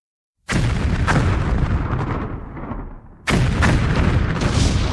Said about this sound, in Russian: Через мгновение воздух разрывает первая очередь залпов.